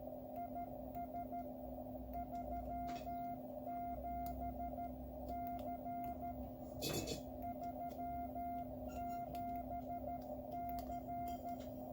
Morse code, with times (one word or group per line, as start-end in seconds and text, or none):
0.4-1.4 IS
2.1-6.3 37C
7.4-11.5 37C